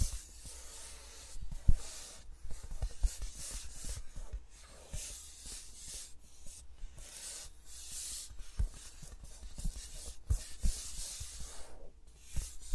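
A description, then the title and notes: Fingers move around a pair of microphones, making soft, bristly scratching and brushing that swells and fades in waves of airy hiss every second or so. Dull, low taps and bumps land now and then, most clearly near 2, 8.5, 10 and 12 seconds. ASMR with Mics Around My Fingers (No Talking).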